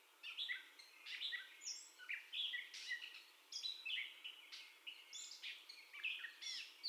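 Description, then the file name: Gray catbird song of clipped, squeaky phrases, some sharp, some slurred, delivered in uneven bursts separated by brief pauses. First song, recorded 30 May 2021. "2021-05-30 Catbird First Song"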